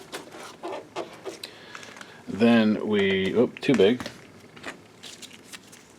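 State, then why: Seated. A plastic cover is set onto a BenQ HT2050a projector housing back edge first during a no-light repair, then pressed down until it snaps into place with a sharp, short click at 1.4 s, with a few lighter plastic ticks following. The cover seats, and someone talks afterward.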